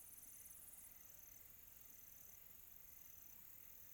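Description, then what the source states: Cricket trilling, a high thin note in short pulses about once a second, with soft insect hiss behind. Quiet tropical night.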